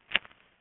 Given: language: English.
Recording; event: throat vibration sensor signal played as sound; swallow